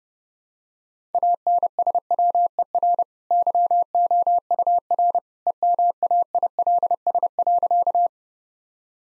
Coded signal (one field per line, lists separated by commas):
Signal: Morse code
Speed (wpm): 30 wpm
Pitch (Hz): 700 Hz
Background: none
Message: ANSWER YOUR EMAILS.